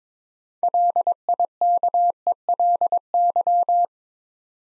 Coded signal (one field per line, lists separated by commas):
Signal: Morse code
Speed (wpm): 22 wpm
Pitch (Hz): 700 Hz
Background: none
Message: LIKELY